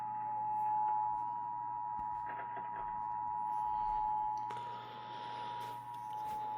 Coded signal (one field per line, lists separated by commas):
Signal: Emergency Alert System (SAME) tones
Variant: 853 and 960 Hz attention tone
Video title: Eas Hgx svr on KUHF 88.7fm, Kacc 89.7fm and Kube tv 57.1 Eas#1598- 1600)